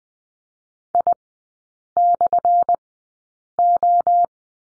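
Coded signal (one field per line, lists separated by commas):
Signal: Morse code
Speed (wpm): 20 wpm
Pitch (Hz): 700 Hz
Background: none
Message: I/O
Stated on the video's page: Morse code course lesson on the letter B in three-character groups, Farnsworth speed 20/10 wpm.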